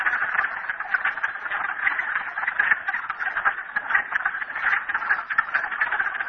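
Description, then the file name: Many frogs trilling together, rapid pulsed rattles layered into an even, unbroken chorus. Recorded at Merryspring. "frogs merryspring 42008"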